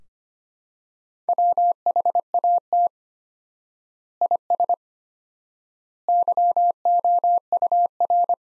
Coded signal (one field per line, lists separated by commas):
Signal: Morse code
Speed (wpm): 25 wpm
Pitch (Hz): 700 Hz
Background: none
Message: WHAT IS YOUR